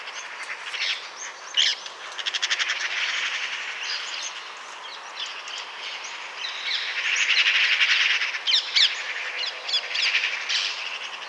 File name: Pica pica